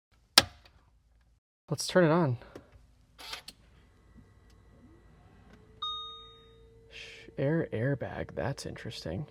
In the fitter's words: it goes right in here, and then this snaps in place.